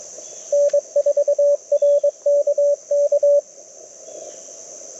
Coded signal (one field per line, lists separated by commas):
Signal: Morse code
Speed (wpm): 21 wpm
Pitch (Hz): 580 Hz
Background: none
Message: N4RKK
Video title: Field Ops Friday - CW POTA Activation 07/21/2023 @ K-3684